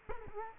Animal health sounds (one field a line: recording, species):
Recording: mosquito wingbeat signal from an infrared sensor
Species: Culex quinquefasciatus